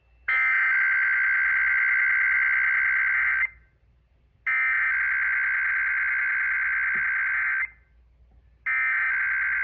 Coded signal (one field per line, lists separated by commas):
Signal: Emergency Alert System (SAME) tones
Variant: header bursts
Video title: alerts I captured while my computer was in the ER - 6/3/24 - 6/18/24 (EAS #1107 - 1114)